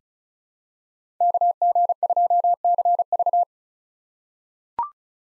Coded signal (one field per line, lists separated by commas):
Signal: Morse code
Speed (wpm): 36 wpm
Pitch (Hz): 700 Hz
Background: none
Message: KG2CV